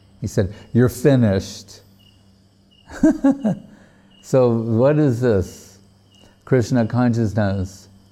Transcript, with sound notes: He said, “You're finished!” [laughing] So, what is this Kṛṣṇa consciousness...